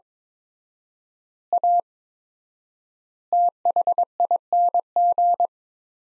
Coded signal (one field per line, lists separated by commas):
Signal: Morse code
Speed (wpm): 22 wpm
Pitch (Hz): 700 Hz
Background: none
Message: A THING